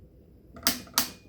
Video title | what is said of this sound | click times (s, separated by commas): How to install a Vortex Venom Red Dot. Swapping out a Burris FastFire 2 on a 45 degree mount. | and then we'll go ahead and torque it down with a couple more clicks, | 0.7 s, 1.0 s